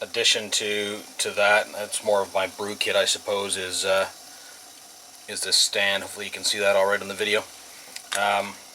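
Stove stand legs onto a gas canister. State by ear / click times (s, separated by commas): not seated / none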